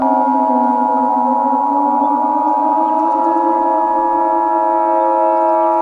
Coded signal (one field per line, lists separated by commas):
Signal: Emergency Alert System (SAME) tones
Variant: 853 and 960 Hz attention tone